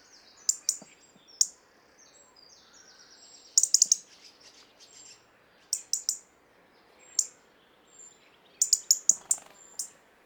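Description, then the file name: European robin ticking in quick bursts of two to four notes, with thin high whistles. "Erithacus rubecula"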